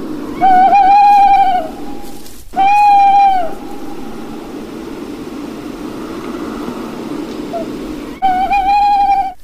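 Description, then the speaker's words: Owl lure calls, three drawn-out, slightly wavering notes with strong harmonics, repeated with pauses, over a low hum. Luring call played from a phone, repeated several times with pauses, at night in a cold historic park in Halin, to attract a tawny owl. "To jest odgłos wabienia emitowany z telefonu. Powtarzamy go kilka razy z przerwami."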